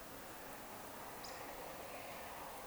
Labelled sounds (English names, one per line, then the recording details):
Eurasian Woodcock whistle
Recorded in Baden-Württemberg, Germany, on 2 June 2020 at 20:20 UTC
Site 46190, 1214 m above sea level